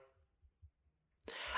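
After a near-silent pause, a sudden short hissing burst: an adult woman imitating the stifled, held-in sneeze she habitually makes, since she always holds her sneezes in out of fear of mucus coming out of her nose.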